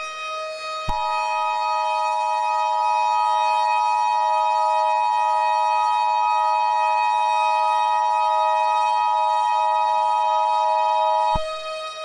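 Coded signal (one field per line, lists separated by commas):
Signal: Emergency Alert System (SAME) tones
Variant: 853 and 960 Hz attention tone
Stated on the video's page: Fictional EAS scenario with simulated alerts, including hijack warnings and a global alert.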